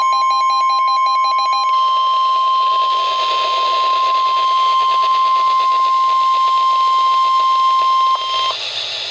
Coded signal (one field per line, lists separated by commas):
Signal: Emergency Alert System (SAME) tones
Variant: 1050 Hz attention tone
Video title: Severe Thunderstorm Warning [EAS 620/621] | NOAA Weather Radio (9/27/2012)